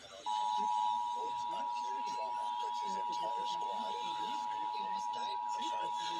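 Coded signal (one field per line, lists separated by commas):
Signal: Emergency Alert System (SAME) tones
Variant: 853 and 960 Hz attention tone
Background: speech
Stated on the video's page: Nevada Required Monthly Test captured on several broadcast stations.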